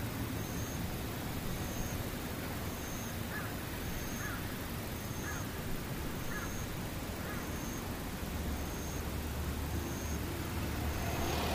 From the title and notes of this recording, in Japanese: 環境音パック926 ツクツクホーシ。